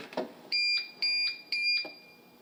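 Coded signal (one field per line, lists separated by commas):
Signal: none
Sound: a boarding pass scanner's beeps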